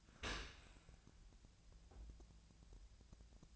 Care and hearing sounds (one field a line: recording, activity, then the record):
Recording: daily activity, microphone in the room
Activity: open dishwasher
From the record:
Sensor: 2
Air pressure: 1000.3 hPa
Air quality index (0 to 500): 164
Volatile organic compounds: 3 ppm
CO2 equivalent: 1361 ppm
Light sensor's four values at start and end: 11/31/12/14 and 11/31/12/14